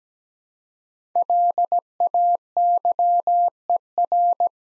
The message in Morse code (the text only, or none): LAYER